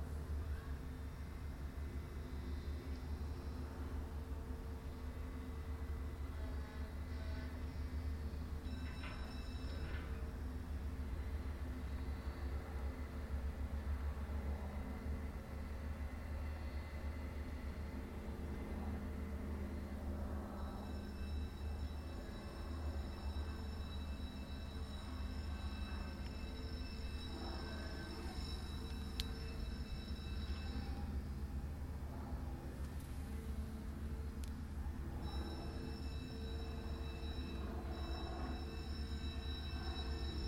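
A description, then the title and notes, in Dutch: A steady, heavy low rumble of passing rail vehicles fills the scene, with thin high metallic whines and squeals appearing from about twenty seconds on. Kratonkade Rotterdam, June.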